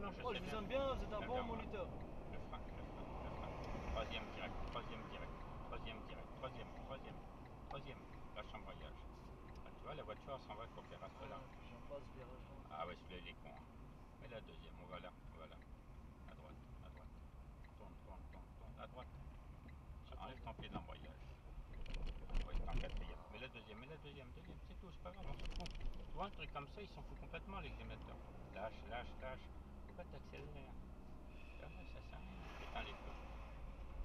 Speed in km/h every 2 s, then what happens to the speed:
69, 64, 43, 38, 36, 33, 27, 23, 21, 18, 18, 17, 21, 34, 33, 28, 28.
0-17 slows to 18. 17-23 steady at about 18. 23-26 speeds up to 34. 26-34 slows to 28.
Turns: 14-25.